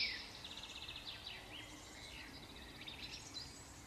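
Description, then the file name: Eurasian wren song: rapid, high trills of fast repeated notes that shift in pitch, over background noise. "Troglodytes troglodytes"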